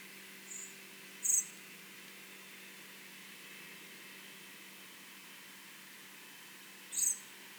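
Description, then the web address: Common blackbird giving three short, very high, thin notes: a faint one, a sharper one soon after, then another following a long pause, with a steady low hum. "SETE data Turdus merula"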